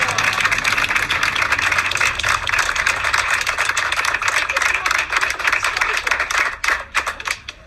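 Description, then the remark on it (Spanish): An audience applauds steadily at the opening of an artisan and cultural workshop, a dense wash of many hands clapping at once, holding strong for several seconds before thinning into a few scattered claps at the end. “Vamos a darles un aplauso. ¡Bravo!”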